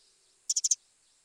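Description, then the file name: Eurasian wren call: a single rapid burst of four sharp, dry clicks in under half a second against a quiet high hiss. "Troglodytes troglodytes"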